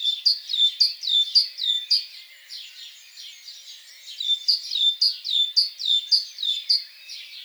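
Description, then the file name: Great tit calls: quick repeated high chirps in lively bursts separated by a softer, busier stretch. "Parus major"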